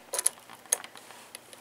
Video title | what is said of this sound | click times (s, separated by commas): Sewing with Grandma Teppo on Dressmaker Super De luxe Zig Zag Machine | Then you're gonna grab that, make sure this is up, and it's gonna click right in. | 0.7 s